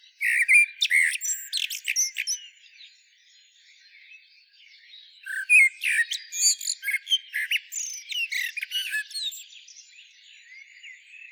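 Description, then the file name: Common blackbird producing two bursts of whistled notes and high chattering twitters, separated by a few seconds of softer, thin sounds. "Turdus merula"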